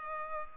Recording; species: mosquito wingbeat signal from an infrared sensor; Culex pipiens